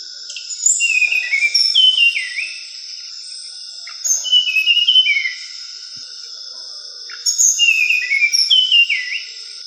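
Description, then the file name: Mangrove blue flycatcher giving three bouts of sweet, warbled whistles that slide downward, separated by short pauses, over a steady high insect drone. Sulawesi. "suara sikatan bakau sulawesi"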